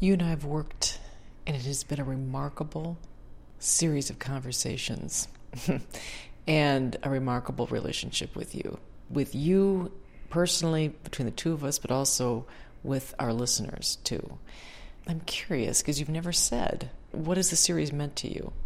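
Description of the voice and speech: One adult speaks fluently and clearly in a warm conversational tone, with natural pitch movement and brief phrase pauses. The voice is clear and steady, with no hoarseness, stuttering or slurring. Ordinary, normal speech from a radio interviewer.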